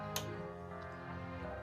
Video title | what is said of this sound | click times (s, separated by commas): BOOGEYMAN Unboxing - The Best Home Depot Halloween 2023 Animatronic | and just kind of slowly get it on there so it doesn't bind up snapped | 0.2 s